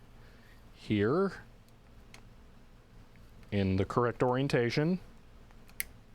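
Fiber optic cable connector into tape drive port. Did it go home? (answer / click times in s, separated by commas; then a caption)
yes / 5.8 s. A duplex fiber optic patch cable connector is pushed into the port on a tape library drive in the correct orientation while someone talks. A sharp click at 5.8 s marks the connector latching and seating in the port.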